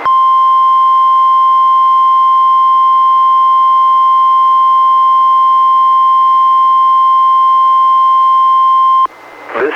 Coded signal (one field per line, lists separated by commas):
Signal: Emergency Alert System (SAME) tones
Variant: 1050 Hz attention tone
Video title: EAS #307-310: 4 NWR Required Weekly Tests- May 22-June 12, 2019